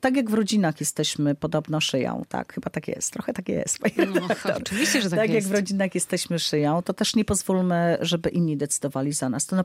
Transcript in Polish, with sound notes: Tak jak w rodzinach jesteśmy podobno szyją, bo chyba tak jest - trochę tak jest. (śmiech) Tak jak w rodzinach jesteśmy szyją, to też nie pozwólmy, żeby inni decydowali za nas.